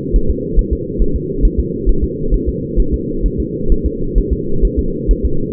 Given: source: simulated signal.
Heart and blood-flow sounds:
fetal heart sounds
0.16 s: S1
0.30 s: S2
0.59 s: S1
0.73 s: S2
1.02 s: S1
1.16 s: S2
1.45 s: S1
1.60 s: S2
1.89 s: S1
2.04 s: S2
2.34 s: S1
2.49 s: S2
2.80 s: S1
2.94 s: S2
3.26 s: S1
3.40 s: S2
3.72 s: S1
3.86 s: S2
4.18 s: S1
4.33 s: S2
4.65 s: S1
4.79 s: S2
5.11 s: S1
5.25 s: S2
From the record:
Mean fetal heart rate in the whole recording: 135 bpm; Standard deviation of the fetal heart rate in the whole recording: 3 bpm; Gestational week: 36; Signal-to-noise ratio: -8.1 dB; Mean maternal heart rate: 72 bpm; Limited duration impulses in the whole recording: absent

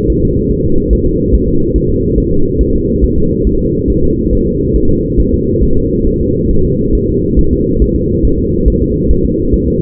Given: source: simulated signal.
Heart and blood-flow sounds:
fetal heart sounds
0.10 s: S1
0.24 s: S2
0.52 s: S1
0.66 s: S2
0.93 s: S1
1.07 s: S2
1.34 s: S1
1.48 s: S2
1.76 s: S1
1.90 s: S2
2.18 s: S1
2.32 s: S2
2.61 s: S1
2.75 s: S2
3.04 s: S1
3.18 s: S2
3.47 s: S1
3.61 s: S2
3.90 s: S1
4.04 s: S2
4.33 s: S1
4.47 s: S2
4.76 s: S1
4.90 s: S2
5.20 s: S1
5.34 s: S2
5.63 s: S1
5.77 s: S2
6.07 s: S1
6.21 s: S2
6.51 s: S1
6.65 s: S2
6.95 s: S1
7.09 s: S2
7.39 s: S1
7.53 s: S2
7.82 s: S1
7.96 s: S2
8.25 s: S1
8.39 s: S2
8.68 s: S1
8.82 s: S2
9.11 s: S1
9.25 s: S2
9.54 s: S1
9.68 s: S2
From the record:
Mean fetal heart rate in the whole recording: 140 bpm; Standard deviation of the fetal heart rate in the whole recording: 2 bpm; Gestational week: 34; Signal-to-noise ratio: -16.4 dB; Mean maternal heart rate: 72 bpm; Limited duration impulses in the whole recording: present

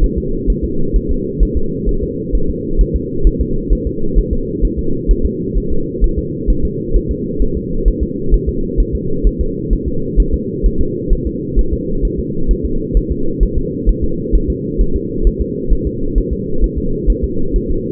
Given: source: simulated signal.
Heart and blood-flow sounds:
fetal heart sounds
0.04 s: S1
0.18 s: S2
0.50 s: S1
0.65 s: S2
0.96 s: S1
1.11 s: S2
1.43 s: S1
1.57 s: S2
1.89 s: S1
2.04 s: S2
2.35 s: S1
2.50 s: S2
2.81 s: S1
2.96 s: S2
3.27 s: S1
3.41 s: S2
3.73 s: S1
3.87 s: S2
4.18 s: S1
4.33 s: S2
4.65 s: S1
4.79 s: S2
5.11 s: S1
5.25 s: S2
5.58 s: S1
5.72 s: S2
6.04 s: S1
6.18 s: S2
6.50 s: S1
6.65 s: S2
6.96 s: S1
7.11 s: S2
7.42 s: S1
7.57 s: S2
7.88 s: S1
8.03 s: S2
8.34 s: S1
8.49 s: S2
8.80 s: S1
8.95 s: S2
9.27 s: S1
9.41 s: S2
9.73 s: S1
9.88 s: S2
10.20 s: S1
10.34 s: S2
10.66 s: S1
10.81 s: S2
11.13 s: S1
11.27 s: S2
11.59 s: S1
11.73 s: S2
12.05 s: S1
12.20 s: S2
12.51 s: S1
12.65 s: S2
12.97 s: S1
13.12 s: S2
13.43 s: S1
13.58 s: S2
13.89 s: S1
14.04 s: S2
14.35 s: S1
14.50 s: S2
14.81 s: S1
14.96 s: S2
15.27 s: S1
15.41 s: S2
15.72 s: S1
15.87 s: S2
16.18 s: S1
16.33 s: S2
16.64 s: S1
16.78 s: S2
17.10 s: S1
17.24 s: S2
17.56 s: S1
17.71 s: S2
From the record:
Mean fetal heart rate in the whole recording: 130 bpm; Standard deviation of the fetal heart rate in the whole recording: 2 bpm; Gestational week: 36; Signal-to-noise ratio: -8.1 dB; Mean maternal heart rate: 72 bpm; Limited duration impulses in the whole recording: absent

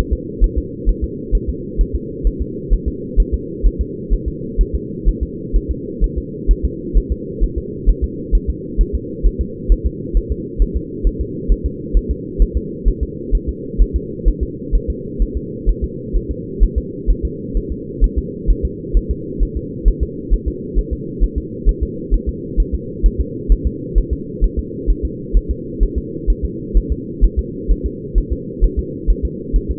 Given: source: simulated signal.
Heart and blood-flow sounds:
fetal heart sounds
0.13 s: S2
0.44 s: S1
0.58 s: S2
0.89 s: S1
1.04 s: S2
1.35 s: S1
1.50 s: S2
1.81 s: S1
1.95 s: S2
2.27 s: S1
2.42 s: S2
2.73 s: S1
2.88 s: S2
3.20 s: S1
3.34 s: S2
3.66 s: S1
3.81 s: S2
4.13 s: S1
4.28 s: S2
4.61 s: S1
4.75 s: S2
5.09 s: S1
5.23 s: S2
5.56 s: S1
5.71 s: S2
6.04 s: S1
6.18 s: S2
6.51 s: S1
6.65 s: S2
6.97 s: S1
7.12 s: S2
7.44 s: S1
7.58 s: S2
7.89 s: S1
8.04 s: S2
8.35 s: S1
8.50 s: S2
8.81 s: S1
8.95 s: S2
9.27 s: S1
9.41 s: S2
9.72 s: S1
9.87 s: S2
10.17 s: S1
10.32 s: S2
10.62 s: S1
10.77 s: S2
11.07 s: S1
11.21 s: S2
11.52 s: S1
11.66 s: S2
11.97 s: S1
12.11 s: S2
12.42 s: S1
12.57 s: S2
12.88 s: S1
13.03 s: S2
13.35 s: S1
13.49 s: S2
13.81 s: S1
13.96 s: S2
14.28 s: S1
14.43 s: S2
14.75 s: S1
14.90 s: S2
15.22 s: S1
15.37 s: S2
15.69 s: S1
15.84 s: S2
16.16 s: S1
16.31 s: S2
16.63 s: S1
16.78 s: S2
17.10 s: S1
17.25 s: S2
17.57 s: S1
17.72 s: S2
18.04 s: S1
18.18 s: S2
18.50 s: S1
18.65 s: S2
18.97 s: S1
19.11 s: S2
19.43 s: S1
19.57 s: S2
19.88 s: S1
20.03 s: S2
20.34 s: S1
20.48 s: S2
20.79 s: S1
20.93 s: S2
21.24 s: S1
21.38 s: S2
21.69 s: S1
21.83 s: S2
22.14 s: S1
22.29 s: S2
22.60 s: S1
22.75 s: S2
23.06 s: S1
23.21 s: S2
23.52 s: S1
23.67 s: S2
23.98 s: S1
24.13 s: S2
24.44 s: S1
24.59 s: S2
24.90 s: S1
25.05 s: S2
25.37 s: S1
25.51 s: S2
25.83 s: S1
25.98 s: S2
26.30 s: S1
26.45 s: S2
26.77 s: S1
26.92 s: S2
27.25 s: S1
27.39 s: S2
27.71 s: S1
27.86 s: S2
28.18 s: S1
28.33 s: S2
28.64 s: S1
28.79 s: S2
29.10 s: S1
29.25 s: S2
29.56 s: S1
29.71 s: S2
From the record:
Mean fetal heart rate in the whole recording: 130 bpm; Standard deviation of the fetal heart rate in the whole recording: 2 bpm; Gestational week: 36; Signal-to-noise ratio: -4.1 dB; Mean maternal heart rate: no maternal heart sound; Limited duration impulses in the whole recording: absent

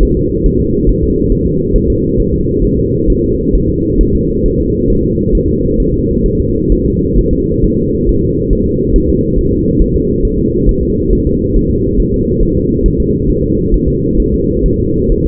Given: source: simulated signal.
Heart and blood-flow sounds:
fetal heart sounds
0.03 s: S1
0.17 s: S2
0.46 s: S1
0.61 s: S2
0.89 s: S1
1.04 s: S2
1.32 s: S1
1.47 s: S2
1.76 s: S1
1.90 s: S2
2.20 s: S1
2.34 s: S2
2.65 s: S1
2.79 s: S2
3.10 s: S1
3.24 s: S2
3.55 s: S1
3.70 s: S2
4.01 s: S1
4.15 s: S2
4.46 s: S1
4.60 s: S2
4.90 s: S1
5.05 s: S2
5.35 s: S1
5.49 s: S2
5.80 s: S1
5.94 s: S2
6.26 s: S1
6.40 s: S2
6.72 s: S1
6.86 s: S2
7.19 s: S1
7.33 s: S2
7.64 s: S1
7.79 s: S2
8.09 s: S1
8.23 s: S2
8.53 s: S1
8.67 s: S2
8.96 s: S1
9.10 s: S2
9.38 s: S1
9.53 s: S2
9.81 s: S1
9.96 s: S2
10.25 s: S1
10.39 s: S2
10.69 s: S1
10.83 s: S2
11.13 s: S1
11.27 s: S2
11.56 s: S1
11.71 s: S2
12.00 s: S1
12.14 s: S2
12.43 s: S1
12.57 s: S2
12.86 s: S1
13.00 s: S2
13.30 s: S1
13.44 s: S2
13.74 s: S1
13.88 s: S2
14.20 s: S1
14.34 s: S2
14.66 s: S1
14.80 s: S2
15.12 s: S1
15.26 s: S2
From the record:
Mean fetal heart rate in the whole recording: 135 bpm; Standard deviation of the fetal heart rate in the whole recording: 3 bpm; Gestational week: 36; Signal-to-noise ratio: -14.7 dB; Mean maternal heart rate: 72 bpm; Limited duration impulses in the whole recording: present

